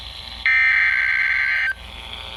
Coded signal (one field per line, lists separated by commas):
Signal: Emergency Alert System (SAME) tones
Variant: header bursts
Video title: SEVERE WEATHER INSANITY - EAS Alerts from 7/29/2023 (EAS #295-#316)